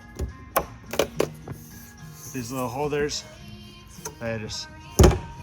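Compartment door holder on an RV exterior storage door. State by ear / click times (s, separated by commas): seated / 5.0 s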